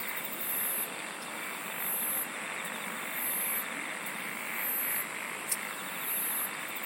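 Insects singing: very high buzzy trills in bursts at regular intervals over a steady dense hiss of chorusing.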